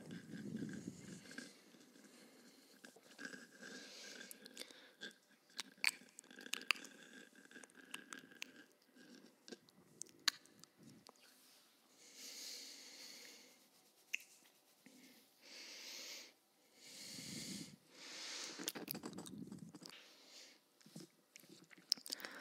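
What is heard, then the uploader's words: Mouth sounds: wet clicks, smacks and pops scattered densely through the clip, with soft hissy breaths or slurping swells around 0–1, 12, 16–17 and 19 seconds. The texture keeps shifting between crisp sharp ticks and longer breathy washes. Hyper Intense Binaural Mouth Sounds. First time ever using a 3Dio Mic to test the sounds....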